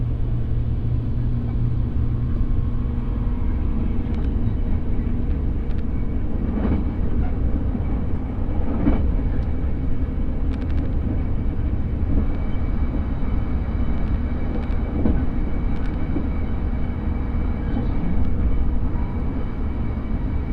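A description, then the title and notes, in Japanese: A railway journey, heard as a steady, dense low rumble of a moving train that barely changes over the whole stretch. A low hum sits under it for the first few seconds, and brief clicks and knocks break through every few seconds, likely wheels crossing rail joints. 鉄道旅 佐賀→博多→中洲川端→呉服町。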